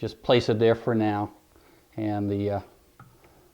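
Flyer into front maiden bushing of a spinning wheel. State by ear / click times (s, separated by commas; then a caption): seated / 3.0 s. The wooden flyer assembly of a Kromski Symphony spinning wheel is pressed into the bushing on the front maiden while someone talks. A short, sharp tick at 3.0 s marks the flyer snapping into place on the front bushing, seated.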